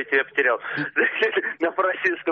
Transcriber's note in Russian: смеется